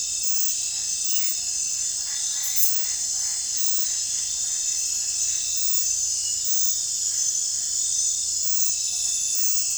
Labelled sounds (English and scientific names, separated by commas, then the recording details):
none
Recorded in pastures near Puerto Asís, Putumayo, Colombia, on 16 December 2024 at 21:00
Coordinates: 0.466, -76.322
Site G040